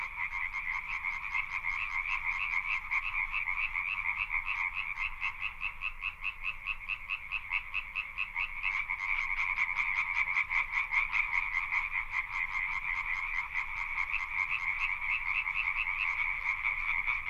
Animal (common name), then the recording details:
Common Tree Frog. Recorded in the wild. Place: Kützerhof, Kummerower See, Mecklenburg-Vorpommern, DE. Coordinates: 53.8583, 12.85. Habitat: wetland. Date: 2009-04-14 23:30. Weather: wolkenlos, windstill, ca. 10°C. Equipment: Sound Devices 702, Sennheiser MKH 70, Rycote Windschutz. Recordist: Frommolt, Karl-Heinz. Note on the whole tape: Chorrufen. Einzelne Tiere deutlich